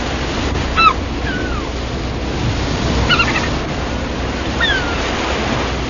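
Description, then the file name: Gull calls, a few harsh, descending cries spaced a couple of seconds apart, set against steady roaring surf. "seagull"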